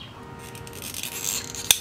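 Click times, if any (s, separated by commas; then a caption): 1.7 s. The plastic lock ring of a fuel filter/pump assembly is twisted into the fuel tank of a Honda Click v2 scooter, making a rubbing, scraping turn with small ticks around 1.0–1.5 s. A sharp, loud click at 1.7 s marks the ring locking and the pump assembly seating.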